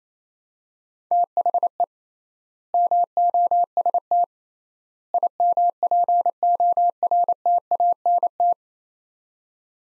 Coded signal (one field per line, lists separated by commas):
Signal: Morse code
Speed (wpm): 28 wpm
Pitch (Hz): 700 Hz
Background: none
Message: THE MOST IMPORTANT